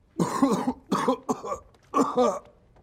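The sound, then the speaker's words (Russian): A fit of about four harsh, throaty coughs in quick succession, the first one drawn out and the rest shorter, with no talking around them. “А потом кашель резко прекратился.”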